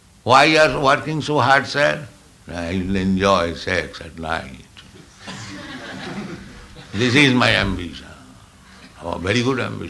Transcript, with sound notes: "Why you are working so hard, sir?" "I will enjoy sex at night. [laughter] This is my ambition." "Oh, very good ambition.